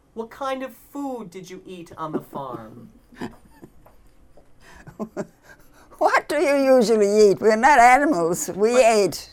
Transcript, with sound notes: What kind of food did you eat on the farm?
(laughing) What do you usually eat!? We're not animals. We ate.